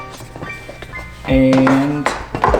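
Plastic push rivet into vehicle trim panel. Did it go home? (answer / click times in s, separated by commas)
yes / 2.1 s, 2.4 s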